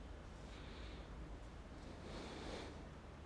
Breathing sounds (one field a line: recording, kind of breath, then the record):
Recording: one breath in and out by a microphone near the nose and mouth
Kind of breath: normal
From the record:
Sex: male